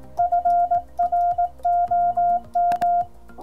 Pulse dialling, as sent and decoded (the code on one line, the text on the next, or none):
none